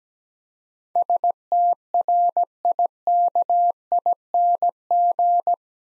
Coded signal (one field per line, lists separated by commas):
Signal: Morse code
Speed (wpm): 17 wpm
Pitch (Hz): 700 Hz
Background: none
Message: STRIKING